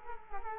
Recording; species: mosquito wingbeat signal from an infrared sensor; Culex quinquefasciatus